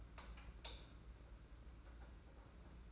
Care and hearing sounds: daily activity, microphone in the room; light on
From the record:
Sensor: 2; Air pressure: 991.7 hPa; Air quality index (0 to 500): 225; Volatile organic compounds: 1000 ppm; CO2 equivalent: 7523 ppm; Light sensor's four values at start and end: 11/26/10/10 and 15/40/16/15

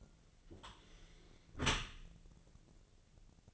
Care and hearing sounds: daily activity, microphone in the room; close dishwasher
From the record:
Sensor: 4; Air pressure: 1001.3 hPa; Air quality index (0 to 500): 182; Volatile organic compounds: 2 ppm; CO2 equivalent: 1298 ppm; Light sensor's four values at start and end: 12/27/11/11 and 12/28/12/12

